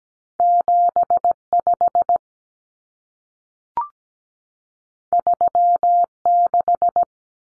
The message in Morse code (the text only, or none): 75 36